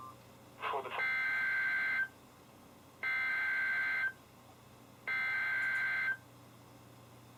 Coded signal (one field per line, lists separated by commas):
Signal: Emergency Alert System (SAME) tones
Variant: header bursts